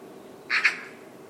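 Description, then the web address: Bird call: one brief, harsh double note, quiet before and after. "cianscape birddata Deverinetal 2025"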